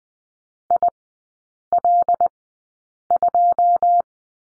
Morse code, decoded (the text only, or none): IL2